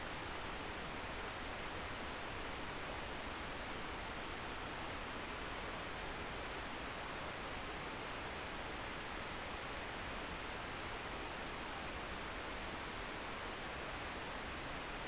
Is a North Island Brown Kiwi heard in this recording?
no